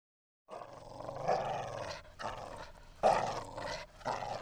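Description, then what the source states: A dog produces low, grumbling growly vocalisations in three or four rough, uneven bursts after a brief silence. Growly "talking" vocalisation of a dog.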